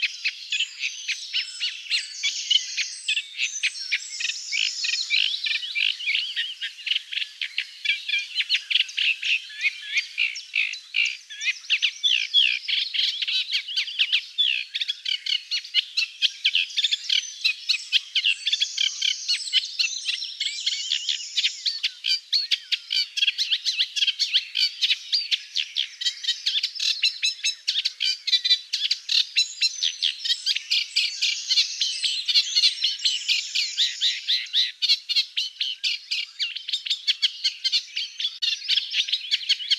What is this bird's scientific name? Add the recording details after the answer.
Acrocephalus scirpaceus. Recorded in the wild. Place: Flögelner See, Schleswig-Holstein, DE. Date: 2009-05-26. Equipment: MiniDisc Sharp MT 20 H. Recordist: Schwarz, Dieter